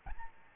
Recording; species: mosquito wingbeat signal from an infrared sensor; Aedes albopictus